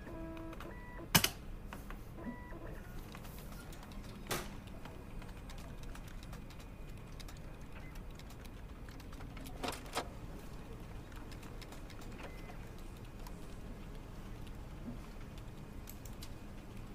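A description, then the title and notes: Office sounds: a steady low machine hum runs throughout, with a few short electronic beeps in the first couple of seconds. Sharp clacks and knocks cut in now and then, the loudest just after one second, others near four and ten seconds. A relaxing day at a corner office in a commercial building. The sound of conversations, Xerox machines, keyboard typing, and phones ringing.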